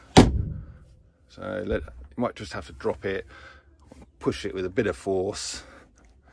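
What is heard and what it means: A rear seat of a Citroen Berlingo Multispace, which a tug test showed had not fully latched, is dropped again and pushed with force into its floor latch mounting, giving a loud metallic clunk at 0.2 s. The seat is seated and latched home, and someone then talks.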